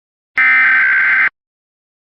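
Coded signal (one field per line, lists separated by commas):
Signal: Emergency Alert System (SAME) tones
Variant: header bursts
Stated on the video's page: Fictional EAS scenario with fake alerts made to look realistic.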